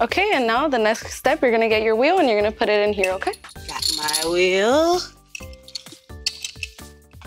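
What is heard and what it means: Someone talks over music for the first five seconds, then short metallic clinks and rattles are heard as a metal harness wheel is handled at the climbing wall's locking holder. Nothing has seated or clicked into the lock yet.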